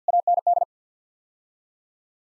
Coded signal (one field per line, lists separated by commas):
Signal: Morse code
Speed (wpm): 50 wpm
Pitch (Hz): 700 Hz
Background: none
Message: AND